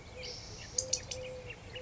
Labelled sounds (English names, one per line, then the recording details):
Eurasian Collared Dove
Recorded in Sonoma County, California